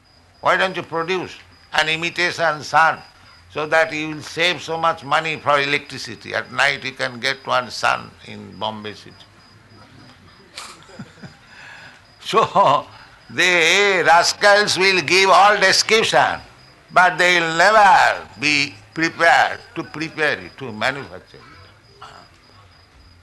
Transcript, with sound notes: Why don't you produce an imitation sun so that you'll save so much money for electricity? At night you can get one sun in Bombay city. [laughs] [laughter] So the rascals will give all description, but they'll never be prepared to prepare it, to manufacture it.